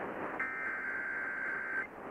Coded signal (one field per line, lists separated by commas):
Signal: Emergency Alert System (SAME) tones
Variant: header bursts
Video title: February 24, 2018 Severe Weather Event (EAS #451-459)